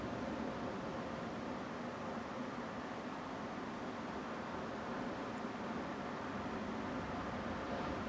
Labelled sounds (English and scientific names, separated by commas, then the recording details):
Song Thrush (Turdus philomelos)
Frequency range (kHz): Song Thrush (Turdus philomelos) 6.6-7.5 kHz
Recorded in France